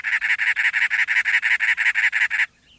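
Cactus Wren: a rapid run of many even, harsh, clipped notes lasting about two and a half seconds, ending suddenly.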